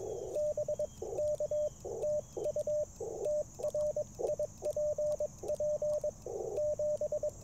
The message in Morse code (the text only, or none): BK TU TRIPP 7